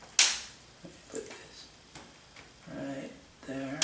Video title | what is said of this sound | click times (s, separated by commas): Trex 500 EFL Pro Tail Assembly | out pop that back in | 0.2 s